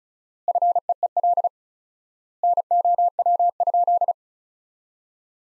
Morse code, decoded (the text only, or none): FEEL NOW?